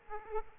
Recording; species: mosquito wingbeat signal from an infrared sensor; Aedes aegypti